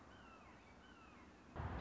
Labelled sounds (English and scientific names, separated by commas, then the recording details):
Red-shouldered Hawk (Buteo lineatus)
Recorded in Sonoma County, California